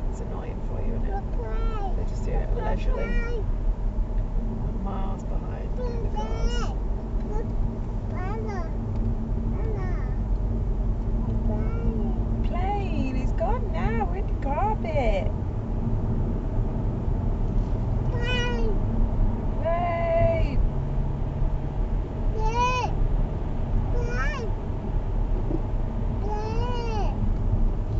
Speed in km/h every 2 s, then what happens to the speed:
56, 55, 53, 53, 52, 53, 56, 64, 72, 74, 81, 82, 74, 64.
0-10 steady at about 53. 10-21 speeds up to 82. 22-28 brakes to 64.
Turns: 8-13.